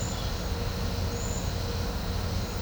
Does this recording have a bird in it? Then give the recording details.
no. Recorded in pastures near Puerto Asís, Putumayo, Colombia, on 21 December 2024 at 12:30. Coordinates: 0.502, -76.324. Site G077